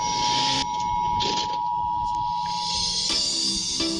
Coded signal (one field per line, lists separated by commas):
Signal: Emergency Alert System (SAME) tones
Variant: 853 and 960 Hz attention tone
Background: music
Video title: All my favorite ids cbw radio national anthem and eas